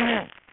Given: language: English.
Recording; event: throat vibration sensor signal played as sound; throat clearing